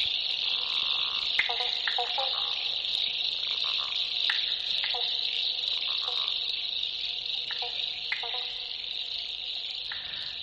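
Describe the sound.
Frog calls, short clicking croaks at irregular intervals, over a steady high-pitched hiss throughout.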